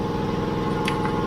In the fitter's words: clunk there you go locked into place